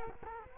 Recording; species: mosquito wingbeat signal from an infrared sensor; Culex quinquefasciatus